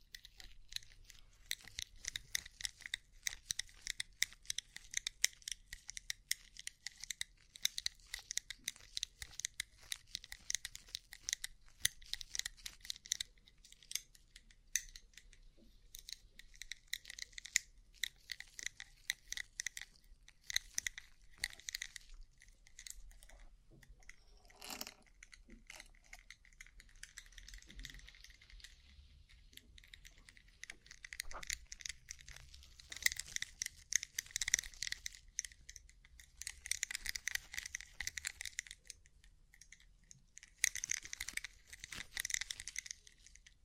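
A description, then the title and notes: Rhinestone-covered tapping fills the whole clip as a dense, fast patter of crisp, bright clicks. The taps rattle and crunch slightly, thin out around the middle, then pick up again toward the end. ASMR Rhinestone Covered Tapping 3Dio (No Talking).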